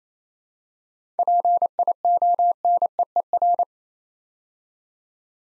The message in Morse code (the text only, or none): PIONEER